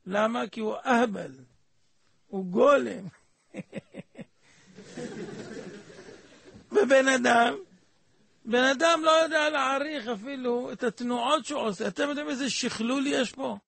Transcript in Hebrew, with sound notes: למה? – כי הוא אהבל. הוא גולם. (צוחק) ובן אדם לא יודע להעריך אפילו את התנועות שהוא עושה, אתם יודעים איזה שכלול יש בו?